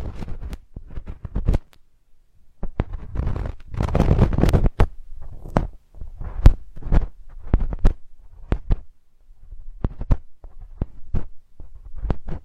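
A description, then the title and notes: Ultra-fine touching at the ear: soft rustling brushes and crisp little taps come in irregular bursts over a low, muffled rumble. The densest scratching swells around the fourth and fifth seconds, and sharp clicks keep recurring every second or so throughout. Ultra-fine ear touch, immersive experience.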